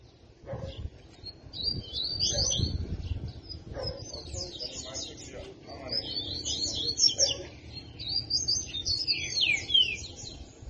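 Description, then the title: Double-collared seedeater song: fast, high twittering phrases of short chirps and slurred notes, with faint low rumbling underneath. Song in the tui tui style; the bird is described as fibra. "COLEIRO DE GOLA TUI TUI FIBRA"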